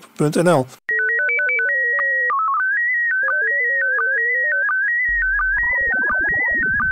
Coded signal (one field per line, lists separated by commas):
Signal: SSTV (slow-scan television)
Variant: PD 90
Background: speech